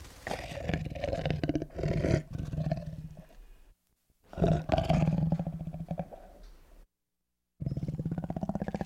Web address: big cats|tigers